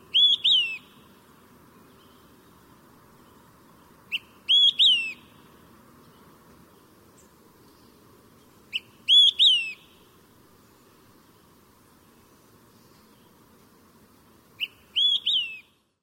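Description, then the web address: Olive-sided flycatcher song, a short opening note followed by two loud slurred whistles, repeated four times several seconds apart over a faint low background hum. Western USA. "Songs of Birds of North America Western USA Songbirds. Olive-Sided Flycatcher"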